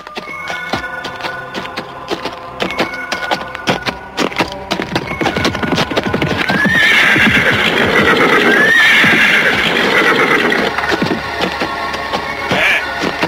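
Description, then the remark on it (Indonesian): A ridden horse arriving at an inn whinnies twice in high, wavering cries over a clatter of hoofbeats that grows louder midway, with no voices. “Buka pintunya cepat, atau aku akan turun dari atas kudaku, kemudian menobraknya.”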